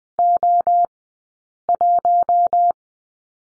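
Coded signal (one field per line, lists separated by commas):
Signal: Morse code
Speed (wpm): 20 wpm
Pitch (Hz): 700 Hz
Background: none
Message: O1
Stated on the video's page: Morse code course lesson on the number 4, Farnsworth speed 20/10 wpm.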